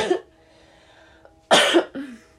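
An adult woman with a common cold coughs repeatedly: a short burst, then another about a second and a half later, followed closely by a weaker trailing cough, in a quiet room.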